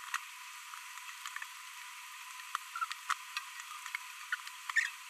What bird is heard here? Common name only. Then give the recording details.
Green-rumped Parrotlet. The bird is a female. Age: 22 days. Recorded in a nest box in Venezuela. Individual 17B42B1